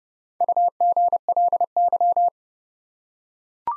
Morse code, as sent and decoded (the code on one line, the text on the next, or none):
..- --. .-.. -.--
UGLY